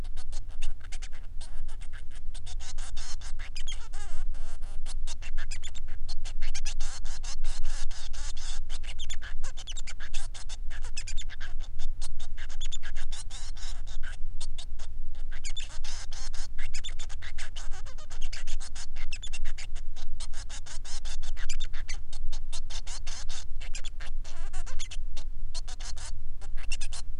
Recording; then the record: song of a male Bengalese finch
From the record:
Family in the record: son of father 3